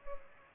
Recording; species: mosquito wingbeat signal from an infrared sensor; Culex pipiens